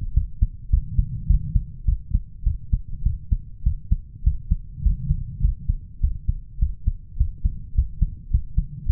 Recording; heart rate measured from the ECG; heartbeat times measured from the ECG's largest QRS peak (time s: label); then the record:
heart sounds by stethoscope; 103 bpm
0.16 s: heartbeat
0.72 s: heartbeat
1.29 s: heartbeat
1.87 s: heartbeat
2.46 s: heartbeat
3.05 s: heartbeat
3.65 s: heartbeat
4.26 s: heartbeat
4.85 s: heartbeat
5.43 s: heartbeat
6.03 s: heartbeat
6.61 s: heartbeat
7.19 s: heartbeat
7.77 s: heartbeat
8.33 s: heartbeat
8.88 s: heartbeat
From the record:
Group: healthy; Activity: cold pressor test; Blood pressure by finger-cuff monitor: 133/88 mmHg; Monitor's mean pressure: 106 mmHg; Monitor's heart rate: 103 bpm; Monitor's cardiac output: 7.5 L/min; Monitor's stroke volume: 73 mL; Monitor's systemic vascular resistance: 1060 dyn s/cm5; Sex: male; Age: 21 years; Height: 175 cm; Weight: 72.6 kg